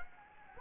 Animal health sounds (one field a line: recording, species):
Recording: mosquito wingbeat signal from an infrared sensor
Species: Anopheles gambiae